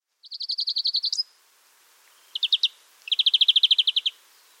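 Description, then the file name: European greenfinch calling: a fast, evenly pulsed trill, then a short three-note burst, then another longer rattling trill, over faint background hiss. "Chloris chloris"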